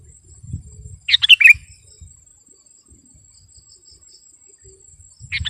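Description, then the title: Sooty-headed bulbul gives one short, liquid, bubbly phrase, then silence before another begins, over a constant high-pitched insect drone. "kutilang"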